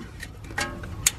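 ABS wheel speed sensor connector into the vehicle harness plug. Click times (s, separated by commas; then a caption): 1.1 s. The plastic electrical connector of a front ABS wheel speed sensor on a 2016-2023 Audi Q7 is lined up and pressed onto its mating vehicle harness plug. Faint handling noises and a louder scuff around 0.6 s lead up to a sharp, loud, short click at 1.1 s as the connector seats.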